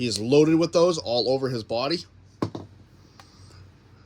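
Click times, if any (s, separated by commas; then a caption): 2.4 s. Someone talks, then the plastic cockpit section of a 2019 Transformers War for Cybertron Trilogy Siege Commander class Jetfire robot figure is pressed into its slot in the body. It locks into place with a sharp click at 2.4 s, followed by a couple of fainter ticks. The cockpit is seated.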